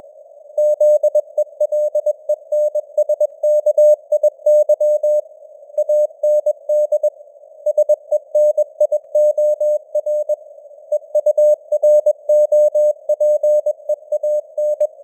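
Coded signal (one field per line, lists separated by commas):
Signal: Morse code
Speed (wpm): 21 wpm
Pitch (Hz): 600 Hz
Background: none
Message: ZELENSKIY AND SENIOR EUROPEAN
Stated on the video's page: Computer-generated Morse news headlines at 21 wpm with simulated radio noise and varying signal strength (QSB).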